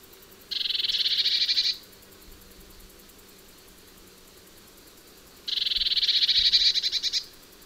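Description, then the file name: Eurasian blue tit making two harsh, rattling churrs of rapid pulses, roughly five seconds apart, with quiet in between. "Cyanistes caeruleus"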